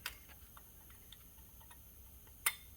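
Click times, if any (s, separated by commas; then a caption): 2.5 s. A knock sensor wiring connector on a GM 6.0 engine is plugged onto the second knock sensor during a knock sensor repair. A few faint ticks come first, then one sharp, loud snap at 2.5 s as the connector seats fully onto the sensor.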